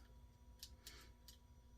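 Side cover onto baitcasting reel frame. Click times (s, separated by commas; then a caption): 0.6 s. The handle-side cover of a Swedish-made Ambassadeur 5500 C3 baitcasting fishing reel, being rebuilt, is lowered over the bearing with the handle shaft lined up in its slot and pressed until it snaps onto the reel frame. A sharp snap is heard at 0.6 s, followed by two lighter ticks at 0.9 s and 1.3 s over a low steady hum. The cover is seated.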